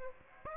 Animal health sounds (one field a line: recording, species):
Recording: mosquito wingbeat signal from an infrared sensor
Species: Aedes aegypti